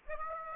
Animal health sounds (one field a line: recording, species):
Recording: mosquito wingbeat signal from an infrared sensor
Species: Aedes aegypti